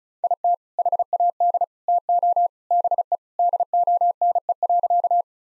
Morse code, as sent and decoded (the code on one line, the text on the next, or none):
.. - / .... .- -.. / - --- / -... . / -.. --- -. . .-.-.-
IT HAD TO BE DONE.